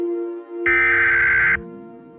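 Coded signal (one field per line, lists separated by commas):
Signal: Emergency Alert System (SAME) tones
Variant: header bursts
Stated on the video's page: Fictional analog-horror EAS scenario.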